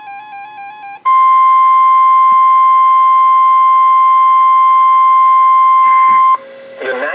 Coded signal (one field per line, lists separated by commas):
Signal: Emergency Alert System (SAME) tones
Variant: 1050 Hz attention tone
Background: music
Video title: Severe Thunderstorm Warning on 2 Stations (EAS #1220-1221)